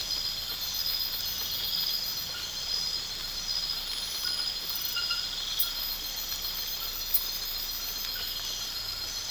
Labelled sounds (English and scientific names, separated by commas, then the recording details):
none
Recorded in pastures near Puerto Asís, Putumayo, Colombia, on 8 March 2025 at 02:00
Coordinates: 0.472, -76.329
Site G074